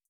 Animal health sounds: hydrophone in a shrimp aquaculture tank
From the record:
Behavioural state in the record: starved

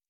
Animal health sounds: hydrophone in a shrimp aquaculture tank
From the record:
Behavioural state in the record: normal

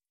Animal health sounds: hydrophone in a shrimp aquaculture tank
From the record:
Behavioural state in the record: starved

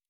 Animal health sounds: hydrophone in a shrimp aquaculture tank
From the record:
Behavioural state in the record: normal

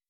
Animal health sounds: hydrophone in a shrimp aquaculture tank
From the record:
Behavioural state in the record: weakened

